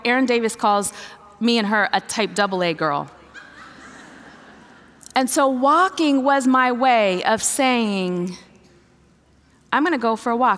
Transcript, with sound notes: Erin Davis calls me and her, “A Type double-A girl!” (laughter) And so, walking was my way of saying, “I’m going to go for a walk.